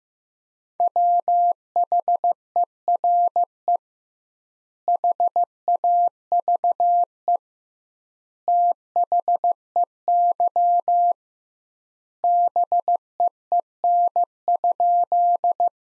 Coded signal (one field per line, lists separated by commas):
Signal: Morse code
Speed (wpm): 15 wpm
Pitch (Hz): 700 Hz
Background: none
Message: WHERE HAVE THEY BEEN?